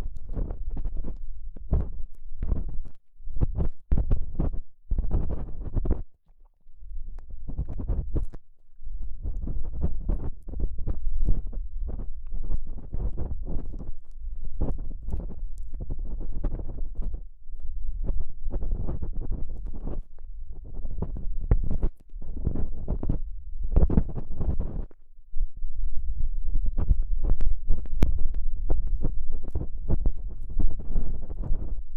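Various sticks and swabs scrape and rub inside an ear, making dense, muffled scratching and thudding strokes that repeat in quick bursts for the whole clip. The sound stays low and heavy, with brief pauses near 6, 9 and 25 seconds.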